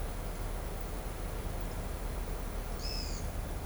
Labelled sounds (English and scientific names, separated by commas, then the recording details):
Pale-eyed Pygmy Tyrant (Atalotriccus pilaris)
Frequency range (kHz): Pale-eyed Pygmy Tyrant (Atalotriccus pilaris) 2.1-8.5 kHz
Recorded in shrubland near Pivijay, Magdalena, Colombia, on 5 June 2023 at 15:30
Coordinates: 10.453, -74.365
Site P5-G022